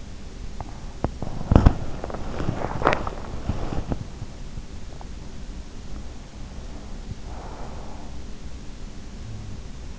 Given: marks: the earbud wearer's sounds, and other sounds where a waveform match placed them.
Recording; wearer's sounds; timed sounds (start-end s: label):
sounds in sleep by an in-ear microphone; teeth grinding, breath
0.00-2.25 s: teeth grinding
2.56-4.13 s: teeth grinding
7.21-8.57 s: breath